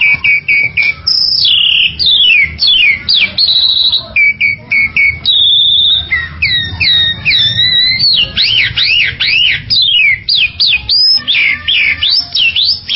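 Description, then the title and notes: Bali myna with a long varied song, harsh notes and ringing whistles, then a fast series of rising and falling whistled notes. "Jalak Bali. Kicau Burung Jalak"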